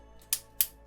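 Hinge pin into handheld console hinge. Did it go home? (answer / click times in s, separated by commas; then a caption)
yes / 0.3 s, 0.6 s. On a retry, a hinge pin is pushed fully into the plastic hinge of a New 3DS XL handheld console. After a faint scrape at about 0.2 s, two sharp, bright clicks ring out at 0.3 s and 0.6 s. The pin is seated all the way in.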